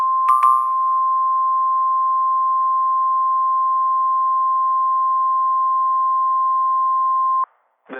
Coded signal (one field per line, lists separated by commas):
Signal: Emergency Alert System (SAME) tones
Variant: 1050 Hz attention tone